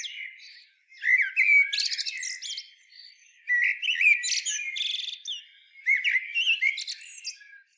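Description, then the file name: Common blackbird delivering a few song phrases of rich warbles mixed with high, squeaky notes, with brief silences between them. "Turdus merula"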